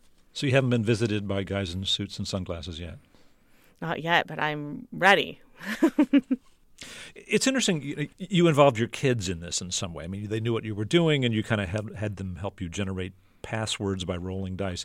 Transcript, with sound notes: So you haven't been visited by guys in suits and sunglasses yet.
Not yet but I'm ready.
(LAUGHTER)
It's interesting, you involved your kids in this in some way. I mean they knew what you were doing and you kind of had them help you generate passwords by rolling dice.